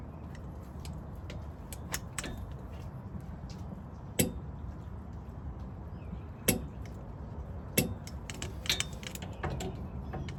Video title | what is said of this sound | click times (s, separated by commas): Save Hundreds: Pro Tech Shows 2003-2008 Toyota Corolla Rear Wheel Bearing Fix in 30 Minutes or Less | and you'll hear it click once it gets to torque | 4.2 s, 6.5 s, 7.8 s